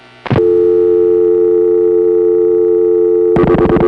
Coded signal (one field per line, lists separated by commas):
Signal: telephone call progress tone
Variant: North America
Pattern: dial tone